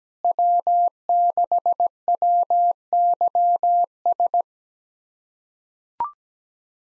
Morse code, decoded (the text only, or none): W6WYS